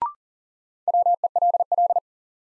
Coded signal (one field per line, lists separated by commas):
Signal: Morse code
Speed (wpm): 40 wpm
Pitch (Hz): 700 Hz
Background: none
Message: WELL